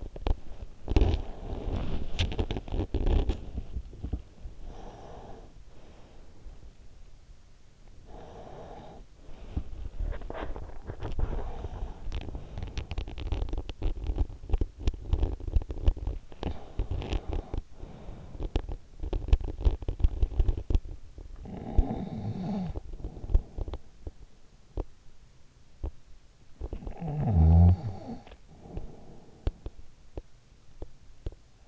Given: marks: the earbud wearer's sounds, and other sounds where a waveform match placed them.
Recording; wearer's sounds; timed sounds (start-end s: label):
sounds in sleep by an in-ear microphone; teeth grinding, breath, snoring breath
0.02-4.39 s: teeth grinding
4.39-7.28 s: breath
7.79-9.99 s: breath
9.51-21.23 s: teeth grinding
16.40-18.91 s: breath
21.23-23.97 s: snoring breath
22.77-26.88 s: teeth grinding
26.66-29.69 s: snoring breath
29.37-31.68 s: teeth grinding